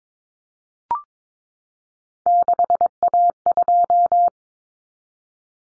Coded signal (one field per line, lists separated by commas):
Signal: Morse code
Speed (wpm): 22 wpm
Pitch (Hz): 700 Hz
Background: none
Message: 6A2